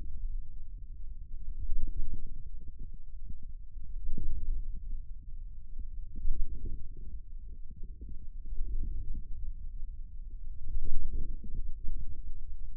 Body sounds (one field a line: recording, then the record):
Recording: forearm muscle sounds (acoustic myography)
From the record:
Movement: wrist extension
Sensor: system 2, bracelet of six BSWA MPA416 microphones around the upper forearm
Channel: 6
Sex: male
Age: 22 years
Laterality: right